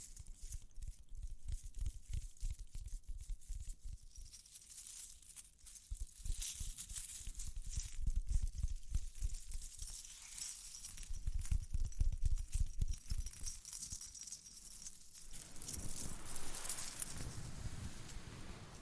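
Tapping and scratching with light jingling, made of dense, irregular soft taps and thumps that come thick and fast throughout. Thin, bright metallic glints sparkle above the low thudding. Around fifteen seconds the texture shifts into a steadier, hissing scratch that fades out.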